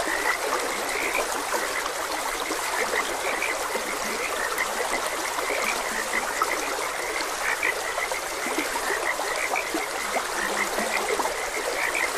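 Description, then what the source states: Frogs croaking in a steady chorus of short, bright notes repeating throughout, over a continuous rushing and trickling stream. Frogs croaking beside a gentle stream.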